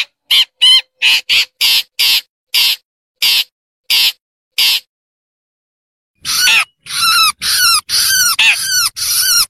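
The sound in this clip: Long-tailed Shrike giving a run of short, harsh rasping notes, then a pause before a denser scratchy chatter with downslurred squeaky notes mixed in.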